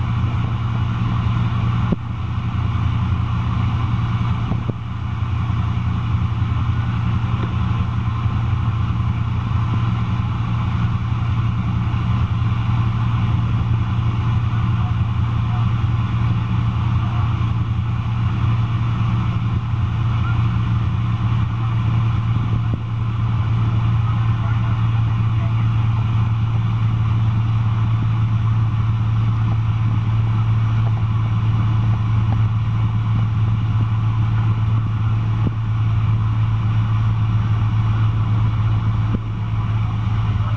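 On the banks of the Tonlé Sap near Siem Reap, a steady low engine hum drones for the whole clip, with a few faint clicks.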